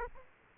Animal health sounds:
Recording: mosquito wingbeat signal from an infrared sensor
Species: Aedes aegypti

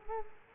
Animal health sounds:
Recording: mosquito wingbeat signal from an infrared sensor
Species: Culex quinquefasciatus

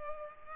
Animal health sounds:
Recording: mosquito wingbeat signal from an infrared sensor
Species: Culex pipiens

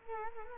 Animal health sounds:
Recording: mosquito wingbeat signal from an infrared sensor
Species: Culex quinquefasciatus

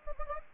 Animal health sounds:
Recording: mosquito wingbeat signal from an infrared sensor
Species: Anopheles gambiae

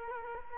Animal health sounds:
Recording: mosquito wingbeat signal from an infrared sensor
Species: Culex quinquefasciatus

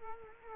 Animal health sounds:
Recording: mosquito wingbeat signal from an infrared sensor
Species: Culex quinquefasciatus

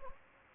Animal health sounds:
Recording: mosquito wingbeat signal from an infrared sensor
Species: Anopheles gambiae

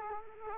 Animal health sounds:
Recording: mosquito wingbeat signal from an infrared sensor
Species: Culex quinquefasciatus

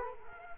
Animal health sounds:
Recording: mosquito wingbeat signal from an infrared sensor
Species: Culex quinquefasciatus

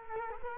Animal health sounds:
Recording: mosquito wingbeat signal from an infrared sensor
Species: Culex quinquefasciatus

